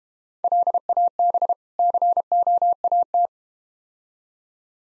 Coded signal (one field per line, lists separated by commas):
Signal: Morse code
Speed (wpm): 33 wpm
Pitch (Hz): 700 Hz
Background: none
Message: LAB COAT